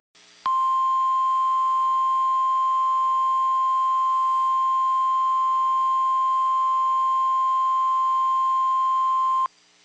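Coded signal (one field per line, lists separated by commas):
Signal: Emergency Alert System (SAME) tones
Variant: 1050 Hz attention tone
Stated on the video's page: Compilation of real EAS alerts received on one day.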